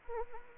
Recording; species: mosquito wingbeat signal from an infrared sensor; Anopheles arabiensis